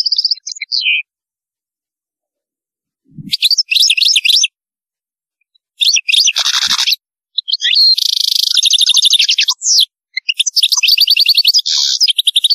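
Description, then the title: European goldfinch song: a high twittering opening, a pause, then long bursts of fast liquid trills and buzzy nasal notes with brief breaks between. "Chant Chardonneret"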